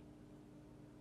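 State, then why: Not seated. A crimped metal socket contact on a second cable is being handled and pushed toward its plastic MC4 connector housing. Only a steady low hum with a constant tone and even background noise is heard, with no sharp sounds. Nothing has seated or clicked yet.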